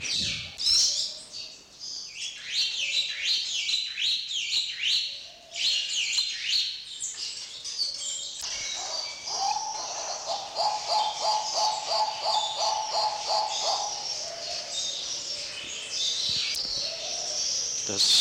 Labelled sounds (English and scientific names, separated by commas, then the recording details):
Superb Starling (Lamprotornis superbus) song, Congo Peafowl (Afropavo congensis)
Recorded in captivity
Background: Afropavo congensis
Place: Zoo Berlin, Berlin, DE
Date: 1987-02-06 11:31
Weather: cloudy, windy 3°
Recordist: Tembrock, Günter